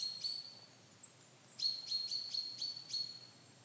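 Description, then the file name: Common chaffinch: a faint high note, then a run of about six sharp, high notes in quick succession, over a soft hiss. "Fringilla coelebs"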